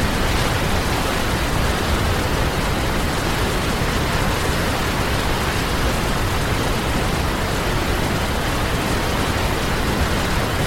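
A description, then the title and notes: A large waterfall roars without pause, a dense, even wash of rushing water that fills everything from deep rumble to bright hiss. The level holds completely steady across the eleven seconds, with no distinct splashes or other sounds standing out. Relaxing Sounds of a Large Waterfall.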